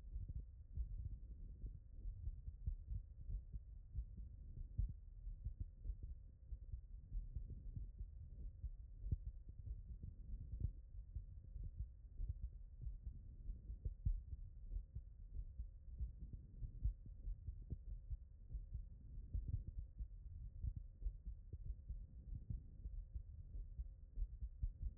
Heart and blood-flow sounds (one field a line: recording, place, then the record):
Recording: heart sounds by stethoscope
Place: tricuspid valve (TV)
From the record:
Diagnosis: HFrEF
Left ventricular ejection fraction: 30%